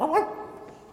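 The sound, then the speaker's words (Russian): A dog gives a short, loud, mid-pitched bark with a rising yelp-like edge, and the sound then trails off into a fading, quieter tail. No voices are heard. “А сами, не надев шубы, превратились в собак.”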